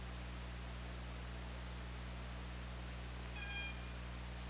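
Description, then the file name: Orca giving a single brief harmonic call with stacked tones, heard over continuous hydrophone hiss and low droning hum. Recorded by OrcaLab hydrophone on 24 August 2017 at 23:04. "Orca Lab UTLN JASON 20170824 230413"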